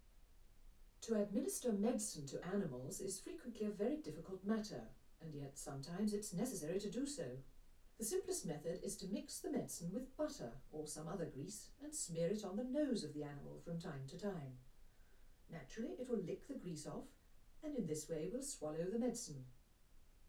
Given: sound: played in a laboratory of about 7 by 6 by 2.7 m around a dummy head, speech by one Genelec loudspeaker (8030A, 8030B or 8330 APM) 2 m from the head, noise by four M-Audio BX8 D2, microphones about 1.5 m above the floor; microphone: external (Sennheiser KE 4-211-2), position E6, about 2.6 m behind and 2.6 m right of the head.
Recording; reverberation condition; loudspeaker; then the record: female speech in English; low; 30 degrees to the right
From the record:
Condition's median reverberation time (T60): about 310 ms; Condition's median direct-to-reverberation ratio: about 3.5 dB